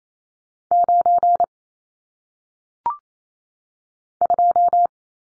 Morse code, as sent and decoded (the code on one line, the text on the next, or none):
----. / ..---
9 2